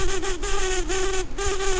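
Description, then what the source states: Brown-banded carder bee buzzing: a loud, continuous hum with rich overtones whose pitch wavers slightly up and down throughout. Queens.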